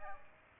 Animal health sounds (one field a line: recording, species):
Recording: mosquito wingbeat signal from an infrared sensor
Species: Aedes aegypti